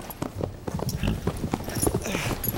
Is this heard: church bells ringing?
no